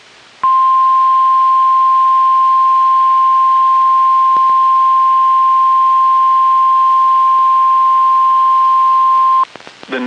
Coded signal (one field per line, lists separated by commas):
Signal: Emergency Alert System (SAME) tones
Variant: 1050 Hz attention tone